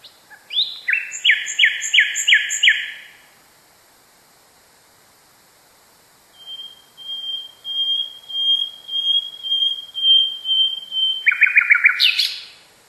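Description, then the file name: Nightingale song: a phrase of repeated harsh chirps, a silent gap, then a long series of pure whistled notes, closed by a quick rattle. "kicauan nightingale. omkicau"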